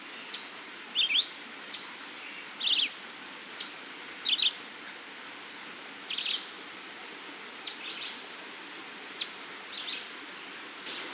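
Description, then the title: Half-collared sparrow giving very high, thin, downslurred whistled notes in a short cluster near the start and again near the end, with scattered softer chips between. "LuckyPassaro Completos2Sama. Half-collared Sparrow (Arremon semitorquatus)"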